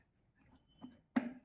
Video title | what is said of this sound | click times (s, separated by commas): Panasonic MX-AE375 mixer Grinder unboxing | ఇలా పెట్టేసేయాలి. పెట్టేస్తే ఇది లాక్ అయిపోతుంది. | 1.2 s